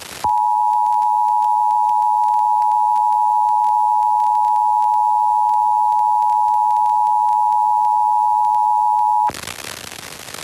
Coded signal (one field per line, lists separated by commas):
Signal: Emergency Alert System (SAME) tones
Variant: 853 and 960 Hz attention tone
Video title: IPAWS Weekly Test (1/24/22)(EAS 1063)